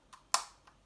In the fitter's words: pas se tromper de sens sinon ça rentrera pas mais ensuite vous allez entendre 2 clics hop